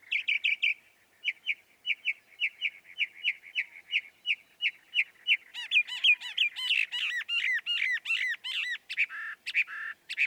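Northern mockingbird song: a long run of rapid repeated chirps, then varied phrases in quick succession.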